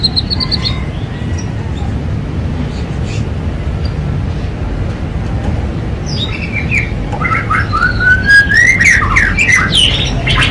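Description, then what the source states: Domestic canary song: scattered chirps at first, then a burst of bright rising and falling whistled notes and rapid twitters near the end, over steady low rumbling background noise. Singing continuously (gacor); first-place champion.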